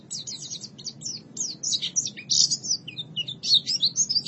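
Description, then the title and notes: White-eye singing a busy mix of high twitters, short slurred chirps and brief warbles, tumbling irregularly. "Suara kicauan burung pleci"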